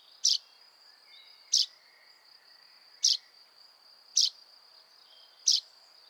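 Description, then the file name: Common chaffinch, five clipped high call notes spaced about a second and a quarter apart, set against a constant thin buzzing of insects. "Fringilla coelebs"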